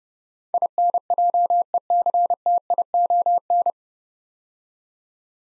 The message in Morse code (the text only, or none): INJECTION